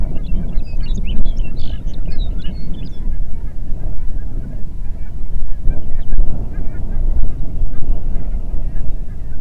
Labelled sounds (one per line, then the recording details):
songbird
waterfowl
wind
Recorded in the Prudhoe Bay oil fields, Alaska, on 8 June 2019 at 04:17
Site 30